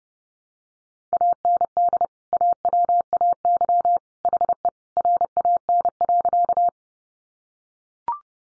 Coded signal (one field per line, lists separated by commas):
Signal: Morse code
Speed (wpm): 30 wpm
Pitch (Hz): 700 Hz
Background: none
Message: AND AWAY HE RAN.